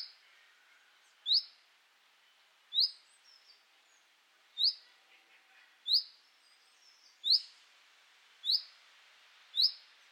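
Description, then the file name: Common chaffinch giving sharp, high single call notes, each a brief bright chip repeated roughly every one to one and a half seconds, seven in all, over faint background hiss. "Fringilla coelebs"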